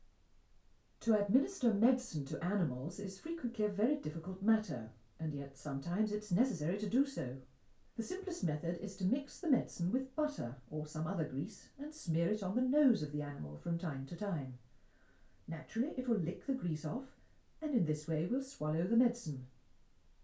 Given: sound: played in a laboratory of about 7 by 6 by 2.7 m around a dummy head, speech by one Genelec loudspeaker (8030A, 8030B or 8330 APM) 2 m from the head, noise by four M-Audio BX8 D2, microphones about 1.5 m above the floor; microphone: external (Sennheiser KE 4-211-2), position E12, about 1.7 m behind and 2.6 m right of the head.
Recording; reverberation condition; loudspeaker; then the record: female speech in English; low; 90 degrees to the right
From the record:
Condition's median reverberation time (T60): about 310 ms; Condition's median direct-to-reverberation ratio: about 3.5 dB